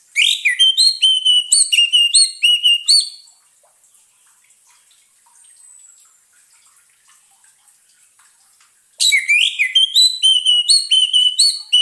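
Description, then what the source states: Orange-headed thrush song, fast repeated whistled motifs for about three seconds, a long silence, then another lively burst of similar phrases. Song therapy for an orange-headed thrush that has stopped singing.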